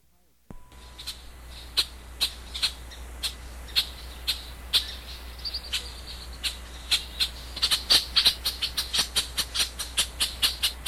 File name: Red Winged BB